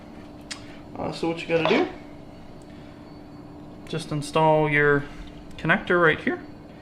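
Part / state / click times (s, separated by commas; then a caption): fog light wiring connector into light housing / not seated / none. A fog light wiring connector on Diode Dynamics SS3 PRO fog lights for an F150 is handled at its spot on the light housing, but nothing has seated or clicked yet. Someone talks throughout over a quiet, steady background hum.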